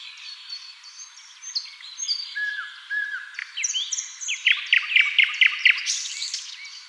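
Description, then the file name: Common nightingale song: soft whistles building to a series of loud, fast, evenly spaced notes near the end, amid other birds singing. "Luscinia megarhynchos"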